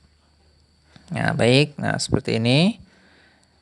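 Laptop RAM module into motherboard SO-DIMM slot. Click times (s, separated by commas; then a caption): 1.0 s. A laptop RAM module is inserted at an angle into the motherboard's SO-DIMM slot of an Axioo Neon W246CZ/RNW and pressed down until the side retaining clips snap in. A sharp, short click is heard at 1.0 s, followed by someone talking, and a faint tick near 3.4 s. The module is seated.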